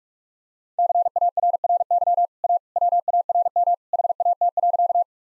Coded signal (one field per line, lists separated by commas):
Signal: Morse code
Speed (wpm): 41 wpm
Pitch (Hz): 700 Hz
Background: none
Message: CARRY A WARM HAT.